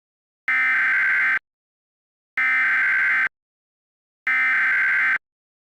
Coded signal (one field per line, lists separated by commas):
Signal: Emergency Alert System (SAME) tones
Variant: header bursts